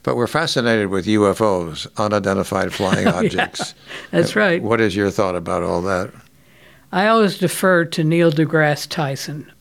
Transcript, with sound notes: But we're fascinated with UFOs—unidentified flying objects.
(Chuckling) Oh, yeah. That’s right.
What is your thought about all that?
I always defer to Neil deGrasse Tyson.